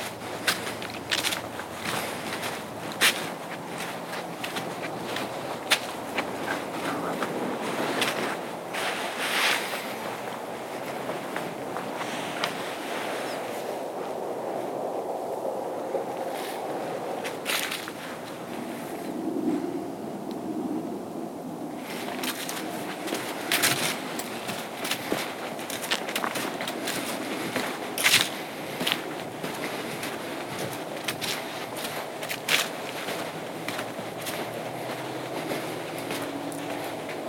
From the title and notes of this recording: A Night Hike on Appleton Trail. A pitch-black night hike on the Appleton Trail.